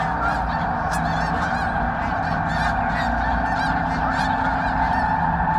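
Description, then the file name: Snow goose flock honking nonstop, a loud wall of overlapping yelping calls over a low rumbling background. Snow geese taking off. "Sherk Scott Snow Geese take-off"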